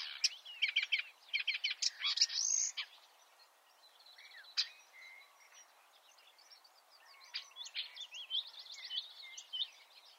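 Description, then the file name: Marsh warbler song, an opening volley of quick scratchy notes and a buzzy rise, followed by softer, sparser chirps and faint warbling. "suara-kicauan-burung-marsh-warbler -omkicau"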